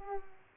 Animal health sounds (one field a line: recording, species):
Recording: mosquito wingbeat signal from an infrared sensor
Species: Culex pipiens